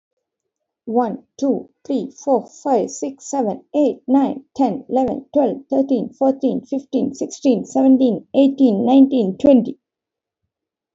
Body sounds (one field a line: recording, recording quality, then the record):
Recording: counting at a fast pace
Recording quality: excellent, no background noise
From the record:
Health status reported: healthy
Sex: female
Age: 36 years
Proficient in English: yes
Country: India